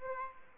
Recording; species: mosquito wingbeat signal from an infrared sensor; Aedes albopictus